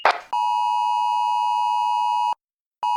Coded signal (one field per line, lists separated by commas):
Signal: Emergency Alert System (SAME) tones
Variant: 853 and 960 Hz attention tone